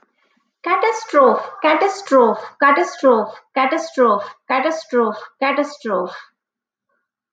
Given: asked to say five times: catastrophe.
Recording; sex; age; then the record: repeated word; female; 20 to 29 years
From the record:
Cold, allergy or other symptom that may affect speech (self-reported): no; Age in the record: 28 years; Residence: Texas, United States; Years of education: 20